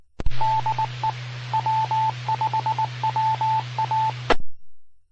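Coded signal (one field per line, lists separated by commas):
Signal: Morse code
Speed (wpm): 19 wpm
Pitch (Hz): 880 Hz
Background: radio noise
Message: DE W5WA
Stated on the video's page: Repeater signal from Mississippi Gulf Coast repeaters.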